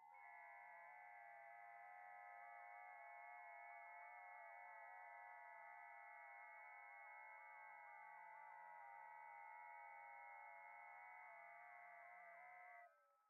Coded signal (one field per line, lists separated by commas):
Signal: FT8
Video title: Come have some fun while i try making contacts on Amateur Radio FT8 &FT4